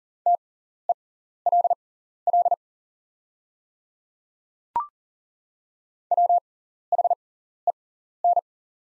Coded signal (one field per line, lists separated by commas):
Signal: Morse code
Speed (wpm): 40 wpm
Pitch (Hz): 700 Hz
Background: none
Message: TELL WHEN